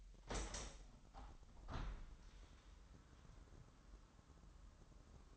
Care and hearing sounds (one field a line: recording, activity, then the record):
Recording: daily activity, microphone in the room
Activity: open window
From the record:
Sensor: 3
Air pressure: 998.1 hPa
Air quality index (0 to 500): 146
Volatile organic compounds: 5 ppm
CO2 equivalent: 1752 ppm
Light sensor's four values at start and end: 13/39/15/14 and 13/39/16/14